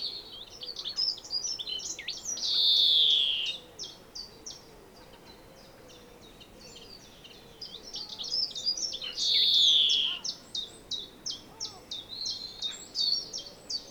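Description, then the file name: European greenfinch giving two drawn-out nasal wheezes that slide downward, between bursts of quick chattering trills; soft low arcing notes from another bird beneath. "Chloris chloris"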